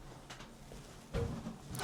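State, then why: Seated. A plastic XT60 DC plug from a 24V series battery pair is pushed into a portable power station's input port. After a faint tap near 0.3 s and a louder rustle around 1.2 s, a sharp click at 1.8 s marks the plug seating fully in the port.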